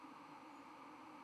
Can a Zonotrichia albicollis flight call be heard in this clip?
no